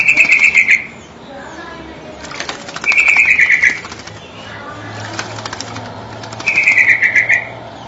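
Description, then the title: Nias hill myna calls: three bursts of rapid, trilled buzzy notes, each about a second, spaced roughly three seconds apart, with faint clicks and a low hum between. "Jalak Nias"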